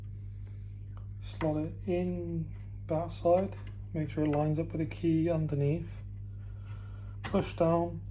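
A RAM stick is handled at a motherboard DIMM slot, lined up with the key underneath and pushed down while someone talks over a steady low hum, with a couple of faint ticks near 0.5 and 1.0 seconds. Nothing has seated or clicked yet, and the retention tabs have not closed by the end.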